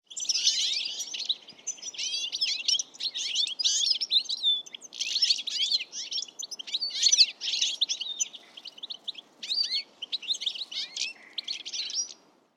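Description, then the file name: European Goldfinch giving rapid, tinkling twittered phrases in bursts of about a second, with brief pauses between them, continuing for roughly twelve seconds over a faint low background hiss. "Carduelis carduelis"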